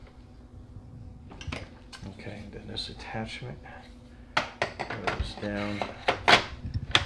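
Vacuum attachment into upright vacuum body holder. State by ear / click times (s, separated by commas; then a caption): seated / 6.9 s. A plastic attachment is pushed down onto the hose holder of a Shark ZU62 Navigator Zero-M Self-Cleaning Brushroll Pet Pro upright vacuum in Pewter Grey Metallic while someone talks. Several plastic knocks and rattles are followed by a sharp click at 7.0 s as the attachment clicks in and is seated.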